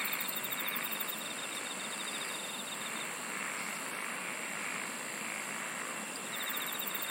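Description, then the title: Insect song: a rapid high pulsed trill opens and closes the passage, with a steady shrill drone and short chirp trains over broad hiss. "SINGING OF INSECTS"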